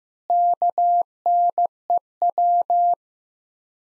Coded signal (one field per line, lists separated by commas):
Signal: Morse code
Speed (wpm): 15 wpm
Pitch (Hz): 700 Hz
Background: none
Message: KNEW